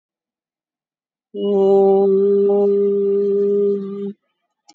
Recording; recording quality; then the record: sustained vowel as in boot; excellent, no background noise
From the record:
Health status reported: COVID-19 positive, moderate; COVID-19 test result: positive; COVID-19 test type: RT-PCR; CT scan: taken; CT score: 17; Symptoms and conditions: cough, cold, fatigue, asthma, hypertension, diabetes, another condition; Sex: female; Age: 56 years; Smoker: no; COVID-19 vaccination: one dose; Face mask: worn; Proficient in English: yes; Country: India